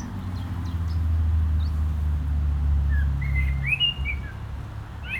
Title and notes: Agaete, Las Palmas, Espagne - Blackbird singing in the barranco. Un merle chante dans le barranco, voitures sur la route pas loin